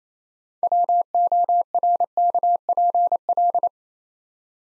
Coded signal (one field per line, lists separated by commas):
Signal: Morse code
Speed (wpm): 27 wpm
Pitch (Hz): 700 Hz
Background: none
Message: WORKPL